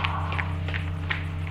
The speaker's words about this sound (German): Wir hörten seine hereinkommenden Schritte.